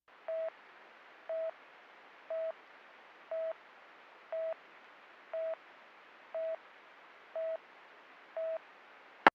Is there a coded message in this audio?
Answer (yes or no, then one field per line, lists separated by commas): no